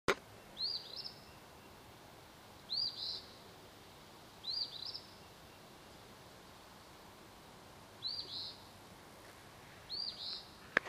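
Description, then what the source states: Phoebe calls: short, sharp, high notes repeated five times at uneven intervals over a steady background hiss. Caddo.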